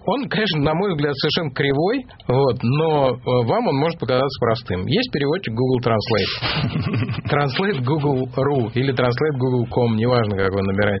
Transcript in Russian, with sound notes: Он, конечно, на мой взгляд, совершенно кривой, но вам он может показаться простым. Есть переводчик Google Translate. (смех) translate.google.com, или translate.google.ru – неважно, как вы набираете.